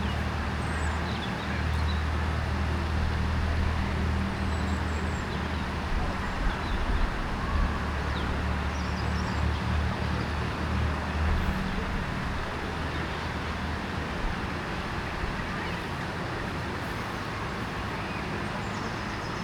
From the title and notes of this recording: City park, part 1. Captured in a city park on Boxing day. A fountain is spraying water high into the air in the distance while children play.